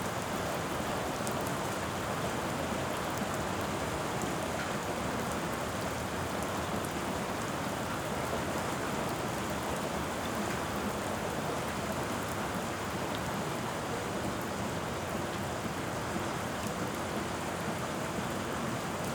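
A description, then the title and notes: Steady, dense rain hisses evenly through a night in New York, with faint patters and a low rumble underneath, unchanging throughout. In this episode, you will hear a rainy night in New York.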